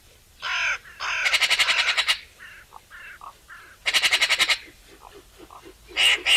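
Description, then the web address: Eurasian magpie chattering: two dry, rapid rattling bursts with softer harsh single notes scattered between, and a final short harsh burst at the end. "SETE Pica pica"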